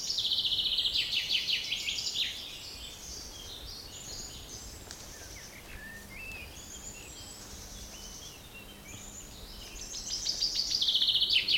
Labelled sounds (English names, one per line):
Common Chaffinch